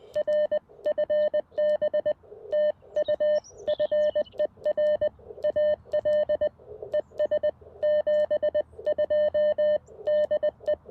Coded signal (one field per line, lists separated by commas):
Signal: Morse code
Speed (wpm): 20 wpm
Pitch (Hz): 590 Hz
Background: none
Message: R FB TU FER AL ES 72 DE